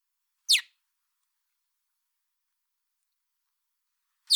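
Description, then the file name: Common blackbird calls, two sharp clicking notes sweeping downward, one at the start and one near the end, separated by silence. "Turdus merula"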